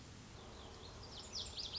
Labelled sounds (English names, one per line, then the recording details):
Lazuli Bunting
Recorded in Sonoma County, California